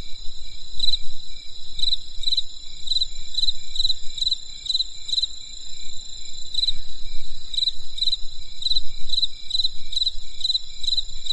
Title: There was a crisp sound of insects in the winter night. Come and experience a sound therapy feast from the countryside